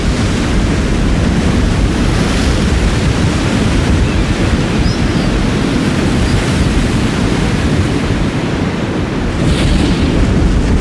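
Waves wash steadily onto the sand in a dense, low rumbling roar, with wind buffeting the microphone and no clear breaks throughout.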